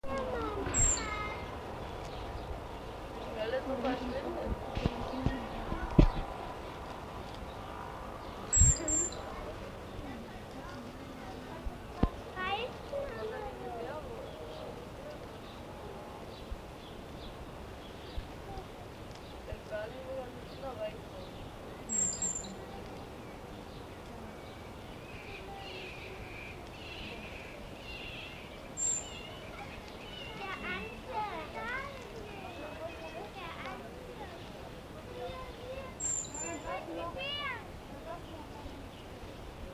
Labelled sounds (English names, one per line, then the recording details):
Richardson's Ground Squirrel
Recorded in captivity
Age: adult
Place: Tierpark Berlin, Berlin, DE
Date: 1965-08-01
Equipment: Uher 4000 Report-S, Transistorverstärker, Sennheiser MD 421
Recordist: Tembrock, Günter